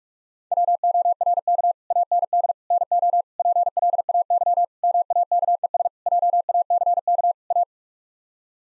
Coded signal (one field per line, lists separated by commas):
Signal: Morse code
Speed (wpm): 41 wpm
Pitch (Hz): 700 Hz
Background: none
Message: WORK AND NO PLAY MAKES JACK A